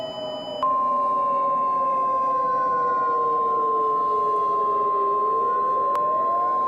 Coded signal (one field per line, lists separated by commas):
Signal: Emergency Alert System (SAME) tones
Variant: 1050 Hz attention tone